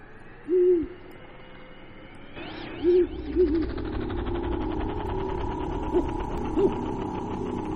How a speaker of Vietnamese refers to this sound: Loáng thoáng đâu đây tiếng cú mèo kêu đêm. Ấy tạnh mưa, nó bắt đầu đi kiếm ăn, hay là nó mang đến cho người ta những điểm gở.